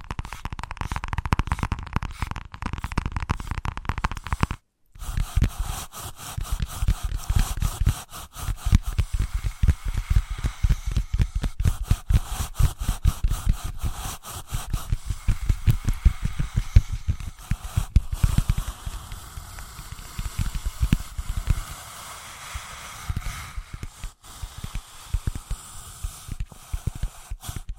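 Dense, rapid tapping and scratching runs throughout, with a brief silence near five seconds and softer, sparser tracing strokes toward the end.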